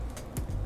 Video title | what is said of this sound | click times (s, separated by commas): How To Build a 7" Long Range FPV Drone | Now the GPS is just gonna click right into place, right like that. | 0.4 s